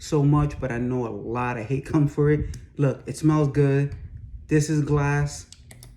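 A plastic cap is handled over a glass By Kilian Apple Brandy On The Rocks perfume bottle while someone talks, with a couple of faint taps near 5.7 and 5.8 seconds. The cap is not yet home: nothing has seated or clicked yet, and its grip is noted as not very tight.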